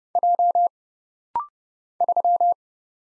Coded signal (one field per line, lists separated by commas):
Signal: Morse code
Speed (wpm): 31 wpm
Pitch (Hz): 700 Hz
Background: none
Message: J 3